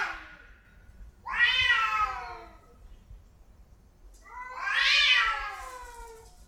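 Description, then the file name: Domestic cat yowling, two long drawn-out wails with rich harmonics, the first falling and the second rising then falling, each lasting one to two seconds, separated by a quiet gap. Cats in heat. "Gatos No Cio"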